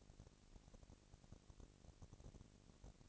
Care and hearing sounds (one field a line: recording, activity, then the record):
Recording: daily activity, microphone in the room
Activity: no activity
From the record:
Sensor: 4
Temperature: 22.4 degrees Celsius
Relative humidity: 31.9%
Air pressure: 998.0 hPa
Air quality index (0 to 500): 203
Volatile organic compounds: 17 ppm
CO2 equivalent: 2570 ppm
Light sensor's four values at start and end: 2/3/1/1 and 2/3/1/1